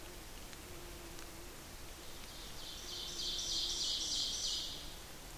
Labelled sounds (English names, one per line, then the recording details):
Ovenbird song
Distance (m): 40 m
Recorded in boreal forest in Alberta, Canada, on 8 June 2016 at 08:40
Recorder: SongMeter 3, array SBT-3-9
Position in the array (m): 165 m, 150 m
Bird 35